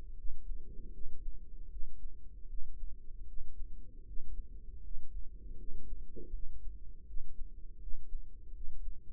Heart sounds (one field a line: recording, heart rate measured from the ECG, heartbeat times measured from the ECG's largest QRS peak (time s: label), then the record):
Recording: heart sounds by microphone in the right ear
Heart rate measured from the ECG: 79 bpm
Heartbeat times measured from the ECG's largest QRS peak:
0.15 s: heartbeat
0.91 s: heartbeat
1.69 s: heartbeat
2.47 s: heartbeat
3.26 s: heartbeat
4.04 s: heartbeat
4.81 s: heartbeat
5.56 s: heartbeat
6.31 s: heartbeat
7.05 s: heartbeat
7.79 s: heartbeat
8.52 s: heartbeat
From the record:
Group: healthy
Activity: rest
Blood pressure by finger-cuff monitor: 104/69 mmHg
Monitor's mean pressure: 81 mmHg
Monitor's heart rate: 78 bpm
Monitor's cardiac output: 5.4 L/min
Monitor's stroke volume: 69 mL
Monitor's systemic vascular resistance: 1090 dyn s/cm5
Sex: female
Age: 43 years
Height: 160 cm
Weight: 90 kg